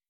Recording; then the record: hydrophone in a shrimp aquaculture tank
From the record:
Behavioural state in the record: weakened